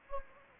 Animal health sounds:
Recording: mosquito wingbeat signal from an infrared sensor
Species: Anopheles gambiae

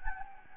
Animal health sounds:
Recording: mosquito wingbeat signal from an infrared sensor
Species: Anopheles gambiae

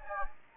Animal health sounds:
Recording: mosquito wingbeat signal from an infrared sensor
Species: Anopheles gambiae

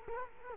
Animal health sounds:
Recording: mosquito wingbeat signal from an infrared sensor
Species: Culex quinquefasciatus

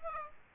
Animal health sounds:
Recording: mosquito wingbeat signal from an infrared sensor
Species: Aedes aegypti

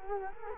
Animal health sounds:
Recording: mosquito wingbeat signal from an infrared sensor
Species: Culex quinquefasciatus

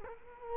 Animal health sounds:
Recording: mosquito wingbeat signal from an infrared sensor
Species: Culex quinquefasciatus

